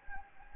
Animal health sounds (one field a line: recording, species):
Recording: mosquito wingbeat signal from an infrared sensor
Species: Anopheles gambiae